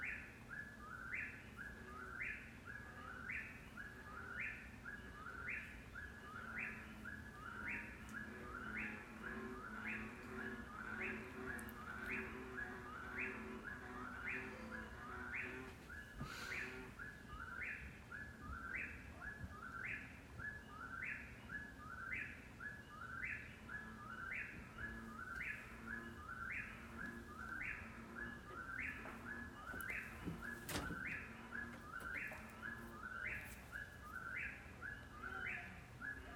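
A whip-poor-will repeats its rhythmic three-part call steadily and quickly, while bullfrogs drone low beneath and a few faint clicks appear.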